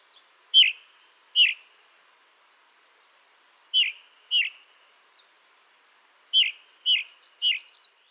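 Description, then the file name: Ring ouzel giving clear, downslurred piping notes in pairs and threes separated by pauses, with a faint thin twitter in between. "DROZDOBROZNY"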